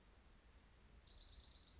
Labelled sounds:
Orange-crowned Warbler (Leiothlypis celata)
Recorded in Sonoma County, California

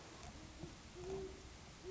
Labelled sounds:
Great Horned Owl (Bubo virginianus)
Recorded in Sonoma County, California

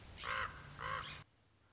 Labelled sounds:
Common Raven (Corvus corax)
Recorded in Sonoma County, California

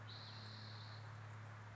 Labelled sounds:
Spotted Towhee (Pipilo maculatus)
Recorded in Sonoma County, California

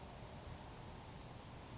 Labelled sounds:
California Towhee (Melozone crissalis)
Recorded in Sonoma County, California

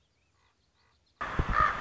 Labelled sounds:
Common Raven (Corvus corax)
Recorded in Sonoma County, California

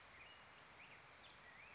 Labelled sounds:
Black-headed Grosbeak (Pheucticus melanocephalus)
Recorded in Sonoma County, California

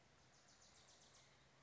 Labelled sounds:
Wilson's Warbler (Cardellina pusilla)
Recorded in Sonoma County, California

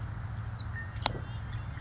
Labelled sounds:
Savannah Sparrow (Passerculus sandwichensis)
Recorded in Sonoma County, California

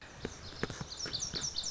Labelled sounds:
Lazuli Bunting (Passerina amoena)
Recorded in Sonoma County, California

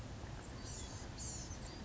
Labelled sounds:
Blue-gray Gnatcatcher (Polioptila caerulea)
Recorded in Sonoma County, California

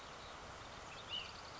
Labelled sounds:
Ash-throated Flycatcher (Myiarchus cinerascens)
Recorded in Sonoma County, California

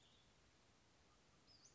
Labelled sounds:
Western Flycatcher (Empidonax difficilis)
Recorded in Sonoma County, California

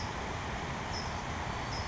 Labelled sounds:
California Towhee (Melozone crissalis)
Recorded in Sonoma County, California

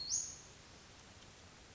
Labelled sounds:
Western Flycatcher (Empidonax difficilis)
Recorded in Sonoma County, California

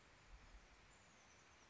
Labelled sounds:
Oak Titmouse (Baeolophus inornatus)
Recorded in Sonoma County, California

